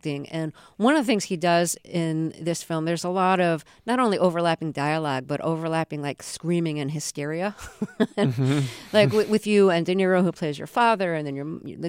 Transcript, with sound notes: and one of the things he does in this film - there's a lot of not only overlapping dialogue, but overlapping, like, screaming and hysteria...
(LAUGHTER)
...like with you and De Niro, who plays your father, and then